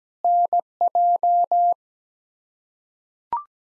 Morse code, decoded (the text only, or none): NJ